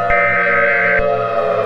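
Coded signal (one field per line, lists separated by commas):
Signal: Emergency Alert System (SAME) tones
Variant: header bursts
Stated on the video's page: Fictional EAS mini scenario of a nuclear power plant radiological disaster.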